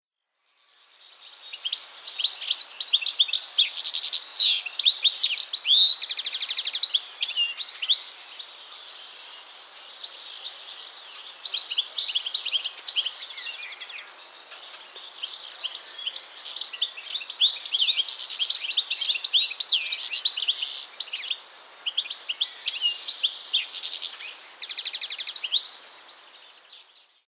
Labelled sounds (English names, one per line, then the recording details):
European Goldfinch
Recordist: Tembrock, Günter
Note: Gesang